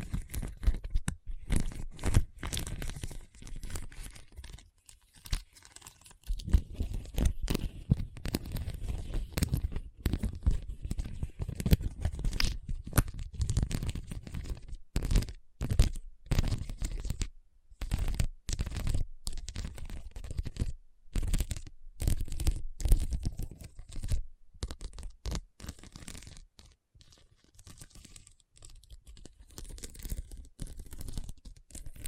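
Scratching over a hard, bumpy surface, made of dense clusters of rough, crackling strokes with brief gaps between them. The bursts are strongest in the low end and come in irregular runs, thinning out and growing quieter after about 25 seconds.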